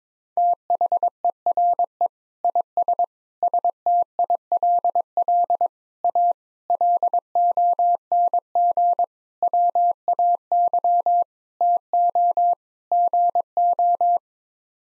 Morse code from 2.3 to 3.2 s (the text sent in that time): IS